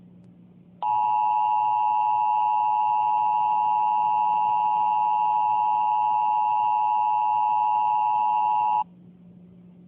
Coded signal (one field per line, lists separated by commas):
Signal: Emergency Alert System (SAME) tones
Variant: 853 and 960 Hz attention tone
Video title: Toxic Storm (EAS Scenario)